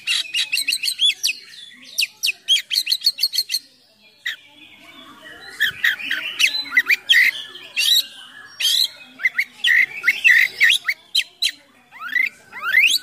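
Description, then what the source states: Oriental magpie-robin delivering a long, varied medley: fast repeated chips, scratchy phrases and rising whistled sweeps, with short gaps between bursts. Kacer song in 'gacor full isian mewah' style: a continuous, full song packed with imitations of other sounds.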